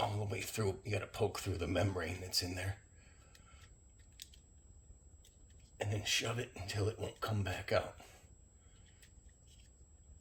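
A brown wire terminal pin is being pushed through the membrane into the actuator connector housing of a 2004-2021 Ford F150 4WD actuator motor. Someone talks over the handling, with a few faint ticks around 3.4, 4.2, 4.3 and 9.0 seconds. The pin has not seated or clicked into the housing yet.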